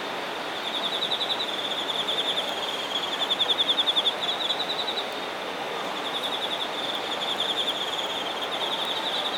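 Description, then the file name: Insect song: a high rapid pulsed trill, swelling to its loudest around four seconds then steadying, with faint higher chirping and background noise. Shinagawa, Japan. "shinagawa singing insects"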